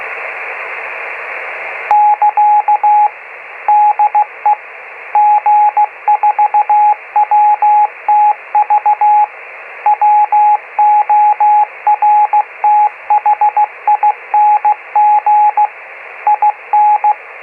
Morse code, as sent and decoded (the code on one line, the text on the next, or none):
-.-.- / -.. . / --. ....- .-- - ...- / .-- --- .-. - .... .. -. --. / .. -.
<KA> DE G4WTV WORTHING IN